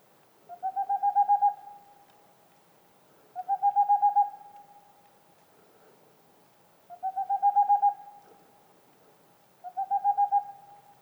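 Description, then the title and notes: Boreal owl giving four bursts of rapid, evenly spaced hoots, roughly seven notes per burst, against a quiet background. Singing male near a black woodpecker nest hole, in the mountains near the Mediterranean, 2 April 2019, 20:15, evening; homemade parabolic dish, two omni microphones, MixPre 3 recorder. "Une chouette pas si boréale. 02 avril 2019-20h15-en montagne. la Tengmalm boréale ( Aegolius funereus) , pas si boréale que cela car nous sommes aux portes de la méditerranée"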